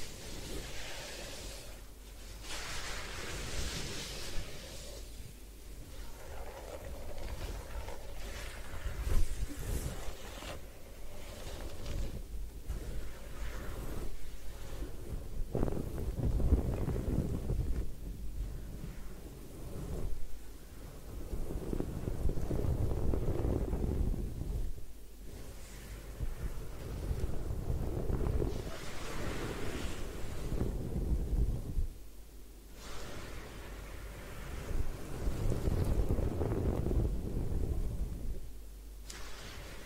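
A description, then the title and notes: A head spa hair wash with massage: rushing, spray-like water noise swells and fades in repeated waves, with dips near 20, 25 and 32 seconds. A heavy low rumble runs underneath, and brighter hissing bursts show up early on. Head Spa Hair Wash, Massage, Ear Cleaning.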